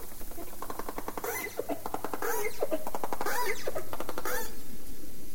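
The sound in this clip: Dolphin click trains, rapid buzzing pulses repeated in bursts, with short rising and falling whistles woven through, over a steady low hiss.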